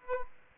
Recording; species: mosquito wingbeat signal from an infrared sensor; Aedes aegypti